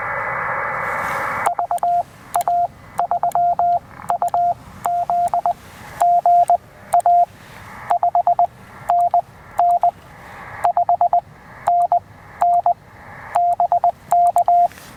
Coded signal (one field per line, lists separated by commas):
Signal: Morse code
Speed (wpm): 16 wpm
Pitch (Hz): 690 Hz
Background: radio noise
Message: VA3UZ GA 5NN 5NN BK